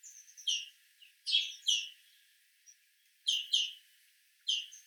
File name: Chloris chloris